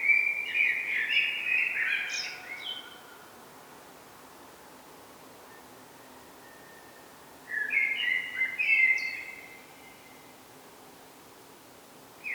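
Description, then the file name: Common blackbird song: two rich, warbled phrases with low fluty notes ending in higher squeaky twitters, separated by about five seconds of quiet. "Turdus merula"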